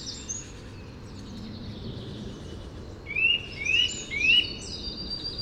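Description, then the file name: Eurasian nuthatch calling: three rising whistled notes in quick succession near the end, with other birds' high thin notes above and steady background hiss. "Sitta europaea"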